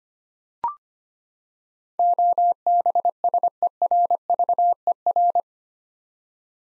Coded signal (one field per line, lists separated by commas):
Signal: Morse code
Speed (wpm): 25 wpm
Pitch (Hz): 700 Hz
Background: none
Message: OBSERVER